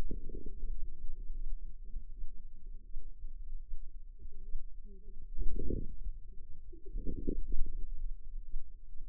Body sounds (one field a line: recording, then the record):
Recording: forearm muscle sounds (acoustic myography)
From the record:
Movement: wrist flexion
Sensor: system 2, bracelet of six BSWA MPA416 microphones around the upper forearm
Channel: 1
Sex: female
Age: 25 years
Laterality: right